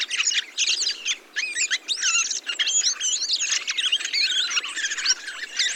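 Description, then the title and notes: Thrushes in a dense flock chorus: overlapping chattering, squeaky and whistled notes, mostly high-pitched, in jumbled phrases with only brief dips. 22 November 2020, Montagne du Puy, Drôme; large mixed flock of mistle thrushes, song thrushes, redwings, fieldfares and some blackbirds feeding on berries, blue sky, communal watch for sparrowhawk and goshawk; Nagra Seven, Telinga Pro7 parabola. "POT-POURRI DE GRIVES. 22 novembre 2020-Montagne du Puy - Drôme. Grives draine, musicienne, mauvis et litorne plus quelques merles"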